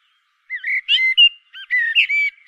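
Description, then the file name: Common blackbird song: a mellow, fluty warbled phrase of several rising and falling notes, with a brief gap midway and a thin, high flourish. "Turdus merula"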